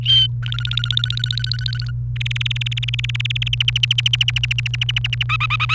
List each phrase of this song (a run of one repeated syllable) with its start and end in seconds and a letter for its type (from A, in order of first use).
0.03-0.27 A, 0.42-1.91 B, 2.16-3.48 C, 3.53-5.23 D, 5.29-5.75 E